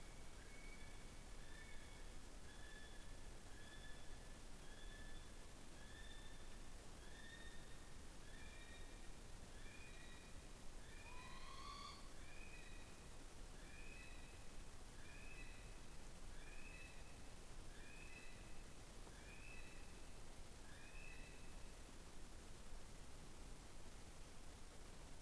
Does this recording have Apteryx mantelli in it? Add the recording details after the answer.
yes. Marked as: faintness 3/5. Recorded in New Zealand on 15 November 2013. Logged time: 00:43. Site BV22